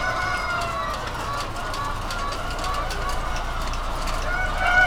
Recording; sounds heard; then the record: poultry house recording; healthy chickens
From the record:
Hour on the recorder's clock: 20